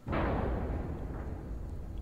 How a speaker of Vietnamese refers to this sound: Ầm một tiếng, Trung dường như không kịp phanh xe lại. Vụ va chạm làm cho đầu gã đập vào vô lăng đau đớn.